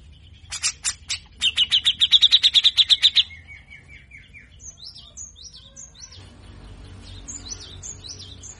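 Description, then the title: Grey-cheeked bulbul with a short run of scratchy notes speeding into a quick harsh rattle, followed by thin, softer whistled calls. Actively singing (gacor) bird; master recording for training caged birds to sing; long-duration recording in the harsh besetan kasar style. "MASTERAN CUCAK JENGGOT GACOR FULL BESETAN KASAR DURASI PANJANG"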